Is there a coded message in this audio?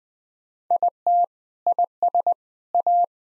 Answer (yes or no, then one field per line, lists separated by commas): yes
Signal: Morse code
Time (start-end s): 0.7-3.0 s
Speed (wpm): 21 wpm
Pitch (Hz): 700 Hz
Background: none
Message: IT IS A